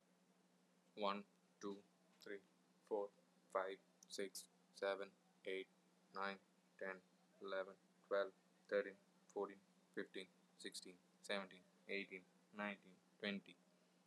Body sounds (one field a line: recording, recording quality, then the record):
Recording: counting at a normal pace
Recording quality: excellent, no background noise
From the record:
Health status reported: healthy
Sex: male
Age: 25 years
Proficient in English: yes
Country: India